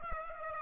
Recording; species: mosquito wingbeat signal from an infrared sensor; Aedes aegypti